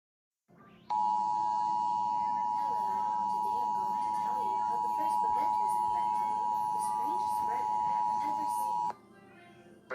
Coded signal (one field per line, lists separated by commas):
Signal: Emergency Alert System (SAME) tones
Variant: 853 and 960 Hz attention tone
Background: speech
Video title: EAS#7 Severe Thunderstorm Warning